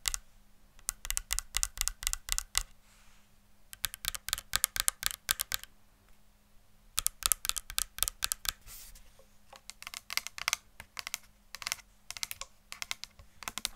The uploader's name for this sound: Tapping